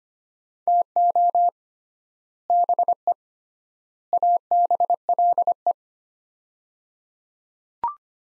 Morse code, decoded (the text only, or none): TO BE ABLE